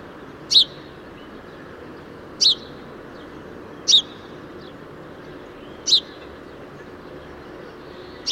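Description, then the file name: House sparrow chirps: five single bright notes at spaced, slightly uneven intervals over steady background noise. "Passer domesticus"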